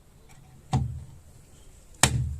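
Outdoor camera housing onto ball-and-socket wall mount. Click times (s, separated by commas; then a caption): 2.0 s. A Blink outdoor security camera housing is pushed onto its ball-and-socket wall mount, giving a softer click at 0.7 s before a sharp, loud snap at 2.0 s. The camera clicks into place on the mount and is seated.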